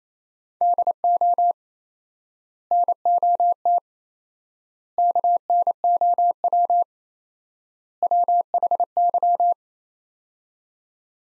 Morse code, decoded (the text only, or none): DO NOT KNOW WHY